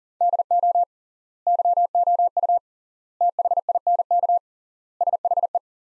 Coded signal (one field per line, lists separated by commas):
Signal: Morse code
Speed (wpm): 40 wpm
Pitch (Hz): 700 Hz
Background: none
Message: DO YOU THINK SHE